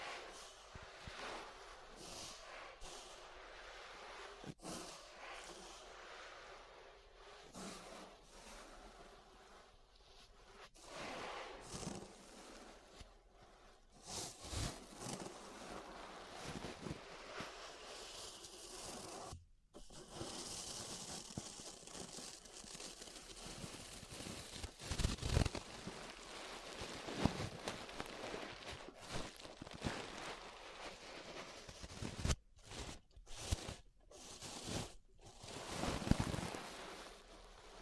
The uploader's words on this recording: ASMR Relaxing 3Dio Ear Brushing (No Talking).